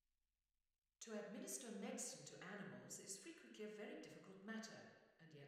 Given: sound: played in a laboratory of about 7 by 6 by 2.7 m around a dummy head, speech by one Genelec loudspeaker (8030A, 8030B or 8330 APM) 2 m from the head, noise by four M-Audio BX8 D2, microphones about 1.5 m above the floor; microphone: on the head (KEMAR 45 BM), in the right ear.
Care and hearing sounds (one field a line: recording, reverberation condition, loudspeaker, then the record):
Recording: female speech in English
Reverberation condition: high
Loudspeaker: 90 degrees to the right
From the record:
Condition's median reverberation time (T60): about 1300 ms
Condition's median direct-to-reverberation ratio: about -4.0 dB